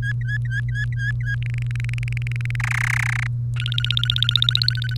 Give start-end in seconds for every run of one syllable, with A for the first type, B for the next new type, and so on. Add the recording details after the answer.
0.00-1.35 A, 1.42-2.56 B, 2.60-3.27 C, 3.56-4.97 D. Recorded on 30 April 2018 at 17:42. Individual llb3